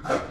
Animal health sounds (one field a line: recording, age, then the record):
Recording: pig call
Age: growing-finishing pig (85 days or more)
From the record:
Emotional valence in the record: positive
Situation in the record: run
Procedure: transit